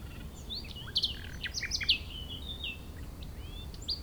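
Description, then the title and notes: Common nightingale singing varied phrases of sharp clicks, slurred whistles and bright chirps, changing pitch quickly, with low wind noise in the background. Wild bird in breeding season near Chindrieux, France, hidden in scrub; sunny day with fairly strong west wind; Zoom H4n Pro placed on the ground in grass tufts, tens of metres from singer, in small valley. "RRCR+X9 Chindrieux, France - Rossignol. La saison des rossignols bat son plein. c'est passionnant d'être à l'écoute du chant des rossignols c'est un grand improvisateur avec un répertoire très diversifié, des modulations surprenantes et variées"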